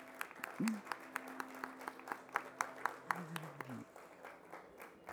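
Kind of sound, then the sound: crowd, audience applause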